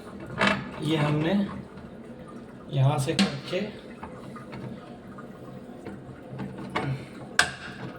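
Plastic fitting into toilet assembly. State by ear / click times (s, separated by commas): seated / 7.4 s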